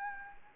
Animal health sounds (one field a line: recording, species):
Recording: mosquito wingbeat signal from an infrared sensor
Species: Anopheles gambiae